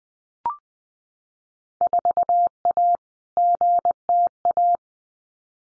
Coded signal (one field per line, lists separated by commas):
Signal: Morse code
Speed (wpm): 20 wpm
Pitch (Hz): 700 Hz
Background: none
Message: 4A GTA